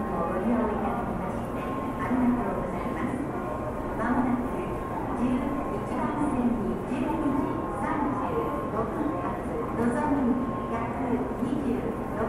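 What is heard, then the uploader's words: A train station in Japan fills with a steady crowd murmur of people talking, voices overlapping without pause. A thin, constant tone hums beneath, and a low rumble of trains runs throughout at an even level across the twelve seconds. TRAIN STATION IN JAPAN AMBIENCE.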